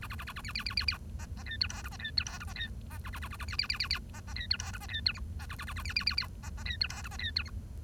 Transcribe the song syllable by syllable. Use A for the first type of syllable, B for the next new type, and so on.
A A A A A B B B B B C C D E F G C D E F G C D C A A A A A B B B B B C C D E F G C D E H C A A A A B B B B C C D E F G C D E H